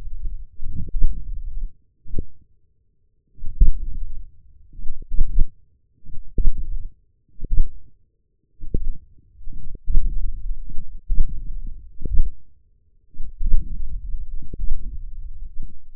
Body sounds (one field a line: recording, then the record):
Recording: forearm muscle sounds (acoustic myography)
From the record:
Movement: hand opening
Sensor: system 1, eight BSWA MPA416 microphones around the upper forearm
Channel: 8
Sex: male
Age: 20 years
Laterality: left